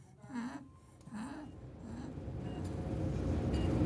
Young children with RSV can need mechanical assistance for breathing. Listen to those tiny ones fighting with everything they have just to get a little oxygen.